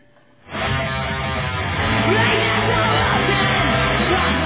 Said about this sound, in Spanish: se salió en manifestación espontánea por el casco viejo de Bilbao, seguidos muy cerca por los antidisturbios y al grito de Amadeu Askatu